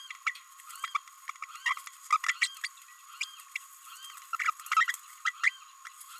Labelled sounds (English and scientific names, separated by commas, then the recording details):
Green-rumped Parrotlet (Forpus passerinus) babbling
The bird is a female
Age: 29 days
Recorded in a nest box in Venezuela
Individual 17B32A5